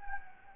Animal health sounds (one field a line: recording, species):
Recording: mosquito wingbeat signal from an infrared sensor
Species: Anopheles gambiae